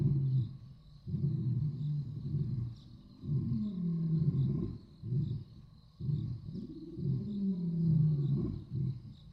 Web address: lion roar. trip to the zoo animals sound sensory story